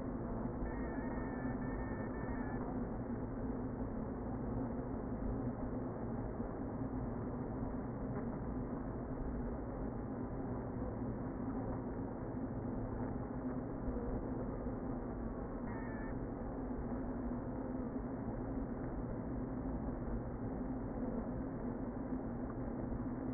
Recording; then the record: honeybee colony, microphone inside the hive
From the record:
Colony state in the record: queen present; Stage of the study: before two queens were removed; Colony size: about 60,000 bees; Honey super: yes